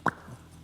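A two-sided fabricated aluminum mohawk piece is pressed onto a custom shell as a pressure fit. It snaps on with one sharp plop at 0.1 s, followed by a faint low thud, and it is seated.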